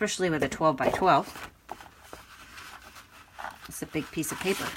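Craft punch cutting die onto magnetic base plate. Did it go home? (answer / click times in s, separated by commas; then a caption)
no / none. Someone talks while handling a craft punch cutting die over a 12x12 sheet of paper, bringing it toward a magnetic base plate, with soft paper rustles and a couple of small knocks near 1.7 and 2.1 seconds. Nothing has seated or clicked yet; the die has not gone home onto the base.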